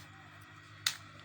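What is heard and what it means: While the screen edge of a Samsung M11 smartphone is pried around, a plastic screen retaining clip in the phone frame pops open with a sharp, bright snap at 0.9 s over a low, steady hum. The clip releases, and that popping sound means the screen removal is being done right.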